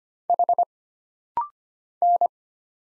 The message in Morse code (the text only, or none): H N